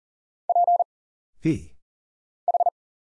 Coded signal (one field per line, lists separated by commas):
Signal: Morse code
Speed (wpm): 40 wpm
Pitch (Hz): 700 Hz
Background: none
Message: P H